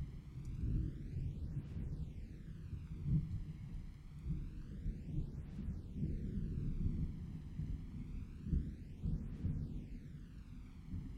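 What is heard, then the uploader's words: Summer thunder rolls in a deep, continuous rumble, swelling a little around three and eight and a half seconds. A hollow, swirling whoosh rises and falls about every two seconds over the low roar, and little bright patter comes through. Summer Thunder and Rain.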